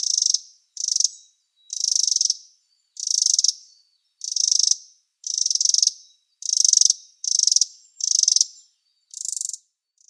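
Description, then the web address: Winter Wren chattering calls: high, buzzy bursts of rapid ticking notes, many short rattles repeated roughly every second, nothing else audible. "Schulze Peter Winter Wren calls"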